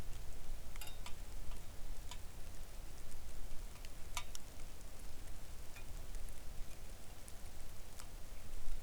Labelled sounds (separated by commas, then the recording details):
rain
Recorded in the Arctic National Wildlife Refuge, Alaska, on 3 August 2019 at 05:58
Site 41